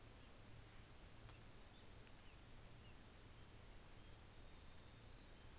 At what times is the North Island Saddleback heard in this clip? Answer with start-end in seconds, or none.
none